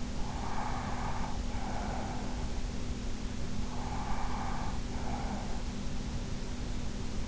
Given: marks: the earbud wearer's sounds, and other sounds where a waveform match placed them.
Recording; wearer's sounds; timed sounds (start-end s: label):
sounds in sleep by an in-ear microphone; breath
0.00-2.52 s: breath
3.66-5.83 s: breath